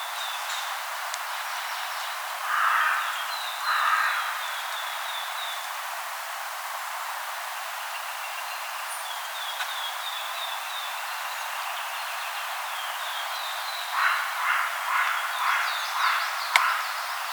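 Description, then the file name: Carrion crow giving two harsh caws early on and a quicker series of caws near the end, with thin high whistles of other birds at times. "Corvus corone"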